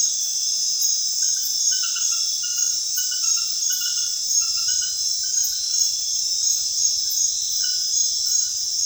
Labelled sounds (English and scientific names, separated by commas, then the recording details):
none
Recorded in secondary vegetation near Puerto Asís, Putumayo, Colombia, on 23 June 2025 at 20:30
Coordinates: 0.498, -76.327
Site GP09